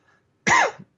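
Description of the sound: A man's single short cough in the middle of a sentence.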